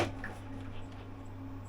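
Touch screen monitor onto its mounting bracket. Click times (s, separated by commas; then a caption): 0.2 s. A new touch screen monitor is fitted onto its wall/arm mounting bracket in a boat wheelhouse, and a single short click at 0.2 s shows it seating into place, though the screen sits on an angle. A steady low hum runs underneath throughout.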